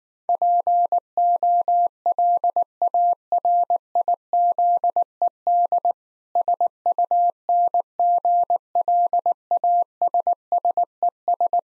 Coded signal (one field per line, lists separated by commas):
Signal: Morse code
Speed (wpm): 19 wpm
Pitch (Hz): 700 Hz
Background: none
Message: POLARIZED SUNGLASSES